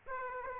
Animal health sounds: mosquito wingbeat signal from an infrared sensor; Aedes aegypti

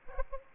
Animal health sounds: mosquito wingbeat signal from an infrared sensor; Aedes aegypti

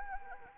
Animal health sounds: mosquito wingbeat signal from an infrared sensor; Anopheles arabiensis

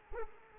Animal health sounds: mosquito wingbeat signal from an infrared sensor; Culex quinquefasciatus

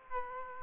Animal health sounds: mosquito wingbeat signal from an infrared sensor; Aedes aegypti

